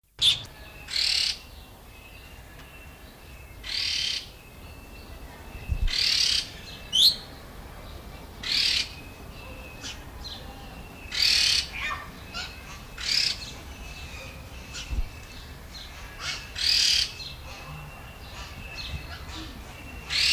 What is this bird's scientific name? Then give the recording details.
Trochalopteron milnei. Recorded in captivity. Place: Zoo Berlin, Berlin, DE. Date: 1999-07-20 17:16. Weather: fair - thunderstorm, 26-28°C. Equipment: Sony WM-D6C, Sennheiser ME 80, Kopie Uher 4000 Report Monitor. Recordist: Tembrock, Günter